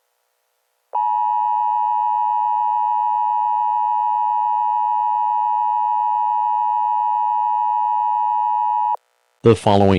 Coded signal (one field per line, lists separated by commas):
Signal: Emergency Alert System (SAME) tones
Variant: 853 and 960 Hz attention tone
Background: speech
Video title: EAS Scenario #15: The Great New York Blizzard